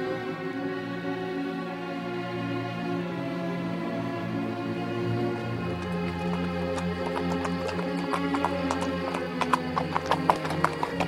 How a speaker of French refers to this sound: Le cheval marchait gaiement.